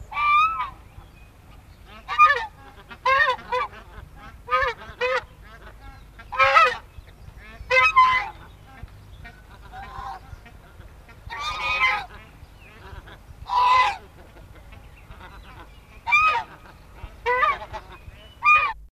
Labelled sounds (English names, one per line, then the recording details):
Swan Goose call
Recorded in captivity
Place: Zoo Münster, Nordrhein-Westfalen, DE
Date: 1971-02-13
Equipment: Halbspur, 9,5 cm/s
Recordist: Lütgens, Hans